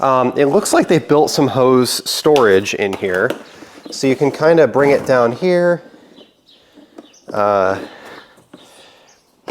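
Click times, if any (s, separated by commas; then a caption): 9.5 s. Someone talks while pressing the hose of a Milwaukee 0920-20 Dual M18 9 gallon wet/dry vacuum down into the plastic hose-storage holder built into the vacuum. Quieter handling sounds follow the speech, and the hose snaps into the holder with a sharp click at 9.5 s, seated in place.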